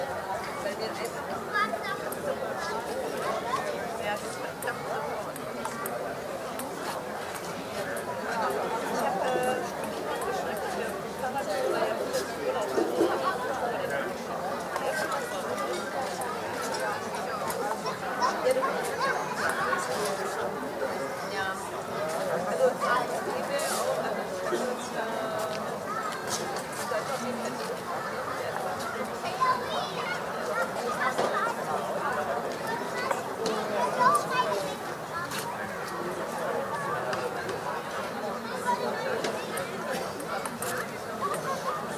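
Children playing on a summer evening: a steady, dense wash of overlapping voices and chatter runs through the whole clip, with no pauses. The level stays fairly even, lifted now and then by brief louder calls and sharp clicks or knocks scattered throughout.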